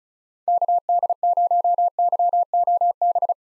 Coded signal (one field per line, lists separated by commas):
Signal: Morse code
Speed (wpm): 34 wpm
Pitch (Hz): 700 Hz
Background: none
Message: KD0YOB